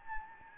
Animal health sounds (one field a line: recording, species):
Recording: mosquito wingbeat signal from an infrared sensor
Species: Anopheles gambiae